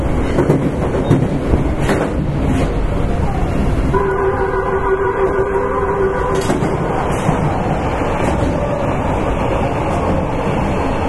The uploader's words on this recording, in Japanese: 北大阪急行 9000系。大阪市営地下鉄 御堂筋線内。新大阪から中百舌鳥までです。この時もご多分にもれず多客で。